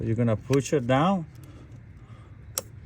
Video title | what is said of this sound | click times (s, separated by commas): 2019 Dodge charger scat pack ￼Spark Plugs replace | you hear the click and then you push this one down | 2.6 s